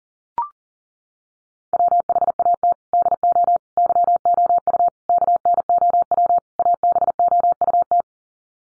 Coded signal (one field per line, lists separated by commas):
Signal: Morse code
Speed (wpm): 38 wpm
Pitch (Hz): 700 Hz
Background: none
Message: WHAT DO YOU KNOW ABOUT